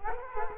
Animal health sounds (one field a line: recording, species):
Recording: mosquito wingbeat signal from an infrared sensor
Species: Culex quinquefasciatus